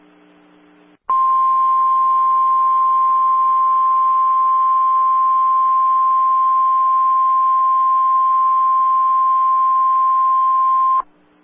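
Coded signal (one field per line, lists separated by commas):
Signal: Emergency Alert System (SAME) tones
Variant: 1050 Hz attention tone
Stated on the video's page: Real severe thunderstorm warning for Oklahoma City, recorded from an online-hosted weather radio stream.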